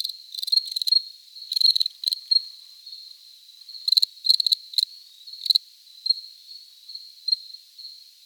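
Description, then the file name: Cricket trilling steadily at a high pitch, broken by irregular louder bursts. Close recording. "Cricket close recording JJ"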